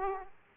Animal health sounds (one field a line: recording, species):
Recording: mosquito wingbeat signal from an infrared sensor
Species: Aedes aegypti